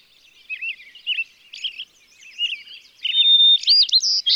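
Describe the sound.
White-crowned Sparrow song: soft slurred chirps at first, then a clear, steady whistle followed by louder, sharp, slurred notes.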